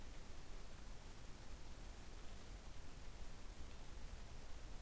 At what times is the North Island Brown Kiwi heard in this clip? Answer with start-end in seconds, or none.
none